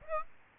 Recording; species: mosquito wingbeat signal from an infrared sensor; Aedes aegypti